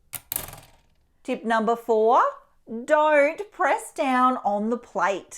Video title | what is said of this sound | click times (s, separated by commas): 😱 Don't Buy the Spellbinders BetterPress Without Watching This! | And you'll see you'll hear it sort of click into place. | 0.2 s